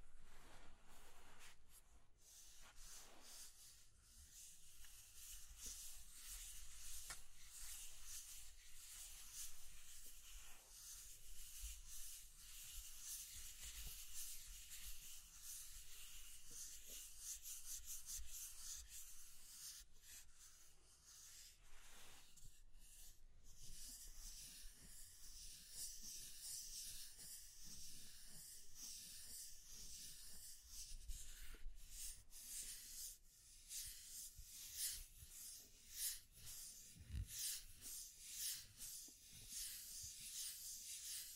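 Scratching and tracing sounds form a dense, continuous scrape, a bright hissing rub like sanding with many small strokes. The texture stays mostly steady, briefly thinning just before the 22-second mark, then turns busier with sharper, crisper strokes and a low knock near 37 seconds.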